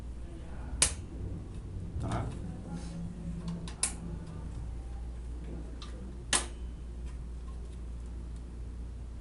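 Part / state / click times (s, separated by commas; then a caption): cooler push pin into motherboard hole / seated / 0.8 s. A CPU cooler push pin is pushed down into its motherboard hole, following an X pattern, and snaps in with a loud plastic click at 0.8 s, showing the pin is seated. Someone talks, and a few more sharp clicks follow later in the clip.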